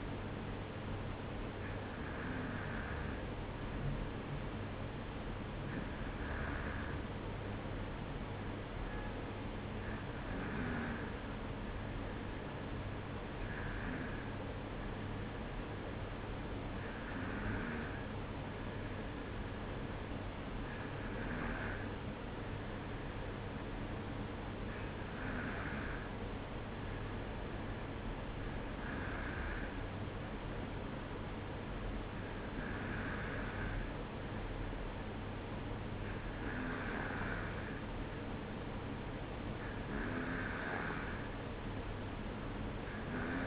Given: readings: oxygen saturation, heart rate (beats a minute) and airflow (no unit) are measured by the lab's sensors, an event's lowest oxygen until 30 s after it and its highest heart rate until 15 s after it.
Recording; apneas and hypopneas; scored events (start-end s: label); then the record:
breathing in sleep by a voice recorder at the bedside; none
none scored
From the record:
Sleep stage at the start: N2 (light sleep); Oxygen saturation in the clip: 93 to 95%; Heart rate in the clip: 53 to 55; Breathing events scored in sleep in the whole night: 305 in 9.6 hours asleep